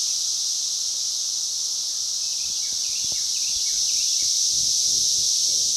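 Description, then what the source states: Steady shrill cicada buzzing throughout, with a run of quick falling chirps and some soft low knocks midway. Multiple cicadas.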